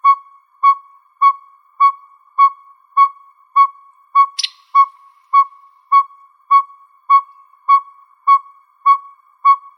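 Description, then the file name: Northern pygmy owl giving a long, steady series of clear whistled toots, evenly spaced about every 0.6 seconds, with one brief high chip partway through. Arizona, recorded 28 May 2006. "NOPO 4 B deviche"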